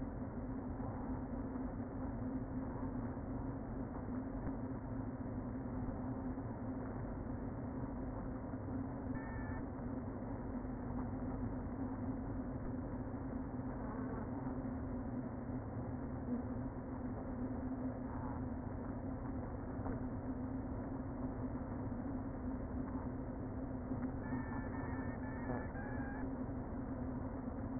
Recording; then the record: honeybee colony, microphone inside the hive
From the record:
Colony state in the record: queen present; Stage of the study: before two queens were removed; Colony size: about 60,000 bees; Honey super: yes